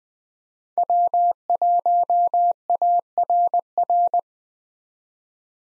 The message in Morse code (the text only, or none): W1ARR